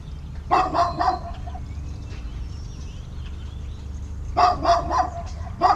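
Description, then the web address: Dog barking in two quick bursts of three or four sharp barks each, separated by about three seconds of low steady background hum, with one more bark at the very end. Dogs in a suburban setting in the morning. "boom library Urban and Suburban. Suburban morning dogs birds"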